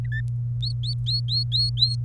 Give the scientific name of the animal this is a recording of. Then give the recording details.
Serinus canaria. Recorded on 26 April 2018 at 18:18. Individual llb3